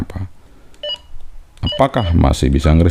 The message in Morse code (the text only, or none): none